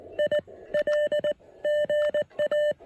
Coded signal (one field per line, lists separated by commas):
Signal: Morse code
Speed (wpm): 19 wpm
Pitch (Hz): 600 Hz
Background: none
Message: IL GA